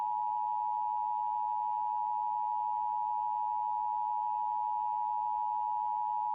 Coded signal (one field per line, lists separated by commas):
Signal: Emergency Alert System (SAME) tones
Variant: 853 and 960 Hz attention tone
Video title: EAS Scenario #3: Dust Storm From Hell